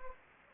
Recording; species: mosquito wingbeat signal from an infrared sensor; Anopheles gambiae